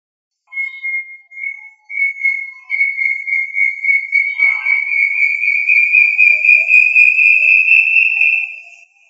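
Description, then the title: Tinamou whistling: clear, pure high whistles, first short and separate, then running together into a long tone that rises slightly in pitch. "Familia Tinamidae - Quail - Puyuh"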